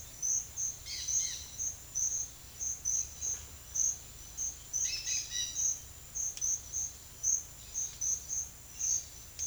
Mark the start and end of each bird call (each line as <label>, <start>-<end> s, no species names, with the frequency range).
bird call (1.0-5.8 kHz), 0.80-1.50 s
bird call (1.1-5.8 kHz), 4.84-5.67 s